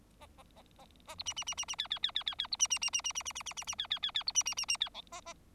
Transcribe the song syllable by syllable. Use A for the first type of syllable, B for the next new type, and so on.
A A A A A B C C C C C D D D D D D B C C C C C C C C C C C D D D D B C C C C D E A A